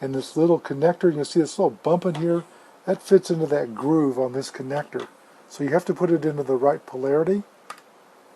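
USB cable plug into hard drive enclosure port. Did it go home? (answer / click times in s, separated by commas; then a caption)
yes / 7.7 s. A USB 3.0 cable plug is pushed into the keyed port on the end of an ORICO 25AU3 aluminum 2.5-inch laptop hard drive enclosure, with a small bump on the plug fitting a groove so it goes in at the right polarity. Someone talks through most of the clip. The plug snaps in and seats with a short, sharp click at 7.7 seconds.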